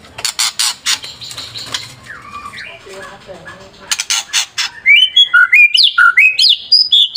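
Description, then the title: White-rumped shama song: rapid dry clicks and harsh notes first, then a rhythmic series of clear whistles dropping in pitch, repeated about twice a second. Training recording for caged birds. "MURAI BATU LABAIK"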